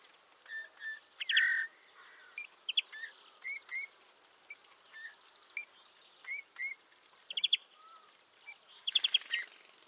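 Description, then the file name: Eurasian bullfinch giving a soft, low piping whistle early on, set among many high, sharp chirps and ticking notes from other small birds throughout. "Pyrrhula pyrrhula"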